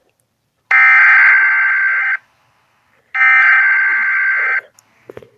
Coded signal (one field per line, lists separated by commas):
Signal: Emergency Alert System (SAME) tones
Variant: header bursts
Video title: EAS Scenario #6 Robert The Shark Error Part 2